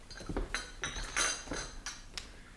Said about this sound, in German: räum die Gläser weg und die Tassen.